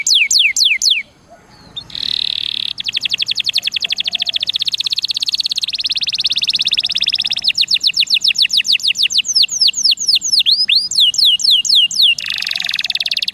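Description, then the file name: Canary song, a rich run of rapid trills and falling whistled notes, switching between fast buzzy rolls and slower sweeping phrases, sung continuously at high pitch. Canary song in the cengkok mewah (ornate) song style. "suara kenari cengkok mewah"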